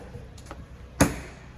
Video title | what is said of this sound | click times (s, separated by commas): 2024 FOREST RIVER RPOD 192 STK# 14052A | Sticks in, twists, locks in place. | 1.0 s